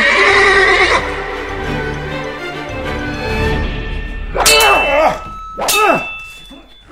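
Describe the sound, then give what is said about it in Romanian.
A horse gives a long whinny as a rider mounts up, followed later by two sharp, high neighs that rise and fall, with a low, steady clatter of hooves underneath. “Arcul în mână. Și sus pe cal.”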